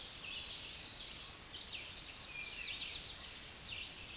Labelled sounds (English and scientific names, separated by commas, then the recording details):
Tennessee Warbler (Leiothlypis peregrina) song
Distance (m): 45 m
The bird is about 5 m above the microphone
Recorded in a Pennsylvania forest on 16 May 2024 at 09:21
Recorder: AudioMoth, point MSD-2478
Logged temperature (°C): 15.6 °C
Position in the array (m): 9 m, 194 m